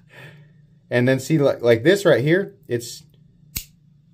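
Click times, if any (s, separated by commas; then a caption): 3.6 s. Someone talks while handling a folding knife, then releases the blade lock lever, its rear locking piece, which springs back down with a sharp click at 3.6 s, snapping into place like a hair trigger. The blade is locked.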